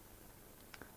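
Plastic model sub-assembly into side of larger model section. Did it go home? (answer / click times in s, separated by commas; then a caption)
yes / 0.7 s, 0.8 s. A freshly assembled plastic sub-part of a build-up model kit is pushed into the side of a larger plastic model section. Two quick, bright ticks are heard at 0.7 s and 0.8 s over a quiet background. The part clips in securely and is seated.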